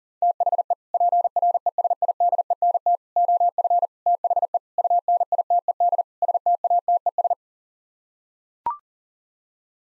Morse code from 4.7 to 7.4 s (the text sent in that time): UNITED STATES